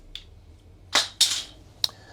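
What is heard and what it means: An old wiper blade is unhooked from the wiper arm of a Tesla Model Y or Model 3. A faint tick at 0.2 s and two louder, broad scraping bursts near 1.0 s and 1.2 s come first. Then the plastic clip lets go with a sharp snap at 1.8 s, releasing the blade from the arm.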